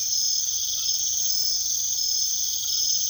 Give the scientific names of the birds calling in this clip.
none